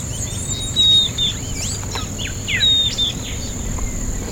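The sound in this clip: Bird calls, thin high whistles with short sharp notes, given twice, over steady low rumbling noise and a constant high whine.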